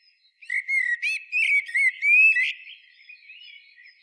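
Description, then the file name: Common blackbird singing one fluted, warbling whistled phrase lasting about two seconds, with brief squeaky notes on top, then fading into soft twitter. "Turdus merula"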